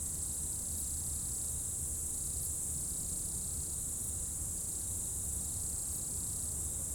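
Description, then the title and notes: Insects in a steady chorus, a dense high continuous shimmer with a softer pulsing layer just beneath, over a constant low rumble. Insects in a roadside bank and trees at dusk, first hairpin bend of the Col du Chat road, Bourdeau, France; Tascam DAP1 DAT recorder, from a CD-R burned in 2006. "route col du Chat, Bourdeau, France - Tutti insectes. Dans la première épingle de la route du col du Chat à Bourdeau, insectes dans le talus et les arbres au crépuscule"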